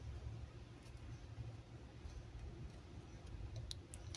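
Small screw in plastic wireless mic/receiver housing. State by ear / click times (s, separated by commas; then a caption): stripped / 3.7 s, 3.9 s, 4.1 s. A screwdriver slips on a small screw in the plastic housing of a Shure U-820 wireless microphone unit as it is being unscrewed, giving quick sharp ticks at 3.7, 3.9 and 4.1 seconds over a low rumbling background. The screw thread has stripped.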